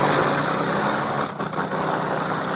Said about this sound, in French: Les deux moteurs intérieurs viennent de se mettre en marche, puis les deux moteurs extérieurs. Nous nous éloignons et nous avons le spectacle féerique de cet avion brillant sous les projecteurs, balançant légèrement